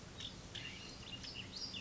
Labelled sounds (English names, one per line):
California Scrub-Jay